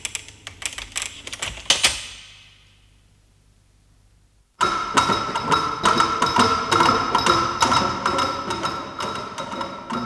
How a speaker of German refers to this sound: Oh, zu spät. Die Tür schließt sich.